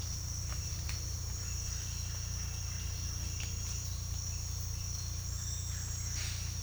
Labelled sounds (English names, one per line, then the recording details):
none
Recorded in secondary vegetation near Puerto Asís, Putumayo, Colombia, on 18 December 2024 at 07:00
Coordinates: 0.484, -76.319
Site GP06